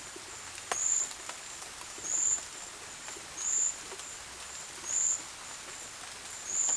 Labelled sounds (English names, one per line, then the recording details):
none
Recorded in dense forest near Puerto Asís, Putumayo, Colombia, on 18 February 2024 at 14:00
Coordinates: 0.505, -76.324
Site G6467